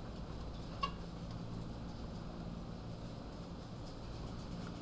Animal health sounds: poultry house recording; sick chickens (respiratory disease)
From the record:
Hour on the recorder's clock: 21

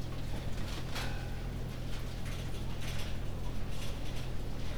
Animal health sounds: poultry house recording; healthy chickens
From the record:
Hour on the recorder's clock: 20

